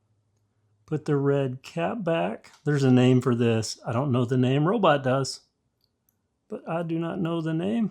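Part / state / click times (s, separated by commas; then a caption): red plastic cap onto the scooter's electrical component / not seated / none. A red plastic cap is handled near the wiring component of a Vespa Sprint 150 scooter after a running-light kit install, while someone talks. Two faint, brief ticks sound at about 5.8 s and 6.1 s during a pause in the talking. Nothing has seated or clicked yet.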